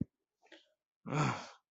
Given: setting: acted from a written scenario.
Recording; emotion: vocal sound without words; anger